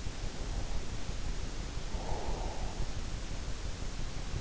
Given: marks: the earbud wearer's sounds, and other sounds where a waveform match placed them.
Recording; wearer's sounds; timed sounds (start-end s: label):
sounds in sleep by an in-ear microphone; breath
0.50-3.05 s: breath